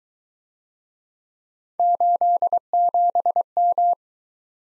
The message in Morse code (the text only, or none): 87M